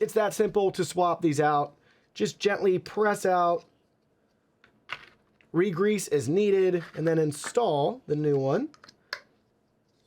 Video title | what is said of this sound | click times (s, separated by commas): Thermaltake SWAFAN GT12: Fan Review! | That one's already snapped in place. | 9.1 s